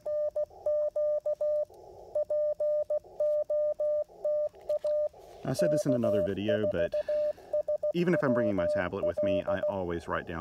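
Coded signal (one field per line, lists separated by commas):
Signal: Morse code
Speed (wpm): 16 wpm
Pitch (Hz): 600 Hz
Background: speech, radio noise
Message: NQ POTA K4SWL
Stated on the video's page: Real-time CW POTA activation with an Icom IC-705, Morse pocket paddles, a Chameleon portable antenna and an Elecraft T1 tuner.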